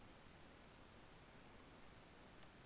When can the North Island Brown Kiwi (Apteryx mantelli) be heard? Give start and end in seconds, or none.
none